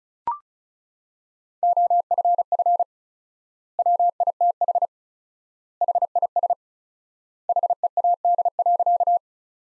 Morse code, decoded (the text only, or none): OFF WITH HIS HEAD.